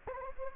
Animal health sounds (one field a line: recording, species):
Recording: mosquito wingbeat signal from an infrared sensor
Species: Anopheles gambiae